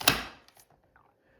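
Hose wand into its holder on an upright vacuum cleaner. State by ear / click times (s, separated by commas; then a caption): seated / 0.1 s. The plastic hose wand of a Dyson DC07 Animal bagless upright vacuum cleaner is pushed into its holder until it locks, with a sharp, loud snap at 0.1 s. A few faint knocks and rattles follow as the wand settles, confirming it has seated in place.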